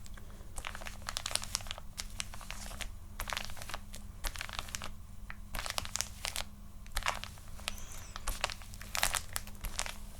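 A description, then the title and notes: Layered mouth sounds and tapping: irregular crackly, crinkling clicks in quick bursts, some sharper pops, over a steady low hum throughout. ASMR Tingles Overload Friend Does Your Skincare (Layeredmouth Soundstapping).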